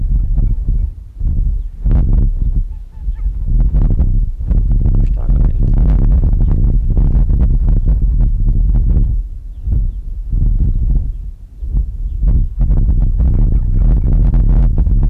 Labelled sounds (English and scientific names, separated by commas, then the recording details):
Arctic Fox (Vulpes lagopus)
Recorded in the wild
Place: Insel Mednyi, Kommandeur-Inseln, RU
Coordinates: 54.5167, 168.083
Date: 1999-07-12 17:44
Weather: bedeckt, 10°C, schwacher Westwind
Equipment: Sony WM-D6C, Sennheiser MKH 40, Windkorb, Kopie Sony TCD-D8
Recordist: Frommolt, Karl-Heinz